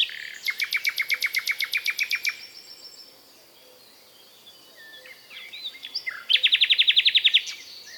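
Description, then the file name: Common nightingale delivering a long fast series of sharp repeated notes, a short quiet gap, soft rising whistles, then another rapid ringing trill. "British Library - European Nightingale(Luscinia megarhynchos)"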